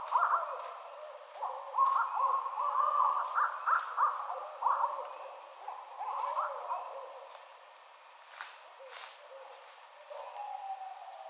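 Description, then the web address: Barred owl giving loud, excited cackling and hooting bursts for about seven seconds, then quieter scattered notes with faint background hiss. Recorded 22 March 2007. "Barred Owl 2007 03 22 Barred Owl"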